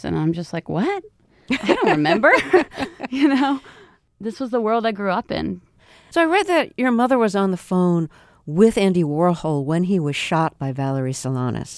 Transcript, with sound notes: I'm just, like, what? I don't remember. (LAUGHTER) You know, this was the world I grew up in.
So I read that your mother was on the phone with Andy Warhol when he was shot by Valerie Solanas.